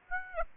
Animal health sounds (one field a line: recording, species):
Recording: mosquito wingbeat signal from an infrared sensor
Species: Aedes aegypti